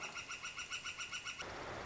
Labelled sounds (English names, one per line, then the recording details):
Northern Flicker
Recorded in Sonoma County, California